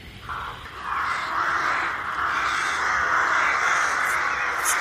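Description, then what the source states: Rooks calling as a dense flock, their harsh caws merging into a continuous rasping chorus that swells after the first second. Flock gathered at dusk in the Derbyshire Dales during a bat roost count.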